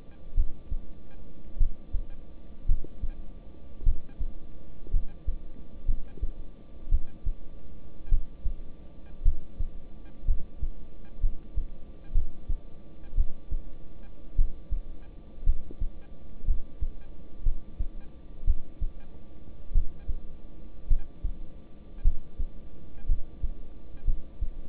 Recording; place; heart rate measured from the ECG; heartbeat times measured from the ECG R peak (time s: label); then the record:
heart sounds by stethoscope; between the tricuspid and mitral areas; 56 bpm
0.35 s: heartbeat
1.58 s: heartbeat
2.66 s: heartbeat
3.84 s: heartbeat
4.91 s: heartbeat
5.86 s: heartbeat
6.89 s: heartbeat
8.09 s: heartbeat
9.23 s: heartbeat
10.26 s: heartbeat
11.21 s: heartbeat
12.13 s: heartbeat
13.15 s: heartbeat
14.36 s: heartbeat
15.44 s: heartbeat
16.46 s: heartbeat
17.43 s: heartbeat
18.45 s: heartbeat
19.72 s: heartbeat
20.88 s: heartbeat
22.02 s: heartbeat
23.07 s: heartbeat
24.05 s: heartbeat
From the record:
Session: rest, lying down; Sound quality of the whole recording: good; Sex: male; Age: 26 years